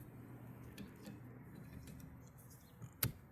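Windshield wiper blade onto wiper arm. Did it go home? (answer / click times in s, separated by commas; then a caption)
yes / 3.0 s. After earlier failed attempts, a windshield wiper blade adapter is pushed again onto the wiper arm, with faint small ticks and rustles over a low hum. At 3.0 s it clicks home with one sharp, loud snap from a spring inside the arm, and the blade is seated.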